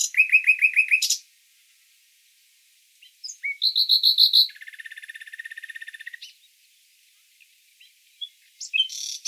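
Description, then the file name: Common nightingale singing separate phrases: a rapid pulsing trill, a pause, a sharp upslurred note, then a loud repeated chatter and a long buzzy rattle, with a final burst. "Luscinia megarhynchos"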